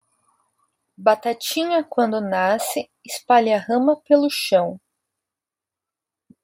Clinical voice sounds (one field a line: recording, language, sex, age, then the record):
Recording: short text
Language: Brazilian Portuguese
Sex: female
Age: 30 to 39 years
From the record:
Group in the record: control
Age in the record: 33 years